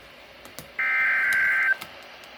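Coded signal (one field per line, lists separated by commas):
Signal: Emergency Alert System (SAME) tones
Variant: header bursts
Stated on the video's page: NOAA weather radio Special Marine Warning from station KIH28 on 162.475 MHz.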